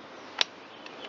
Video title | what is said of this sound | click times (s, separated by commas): How to Repair A Stihl FS or KM 90 100 110 120 130R Using A Cheap Carburetor | cable itself snaps back into the housing. | 0.4 s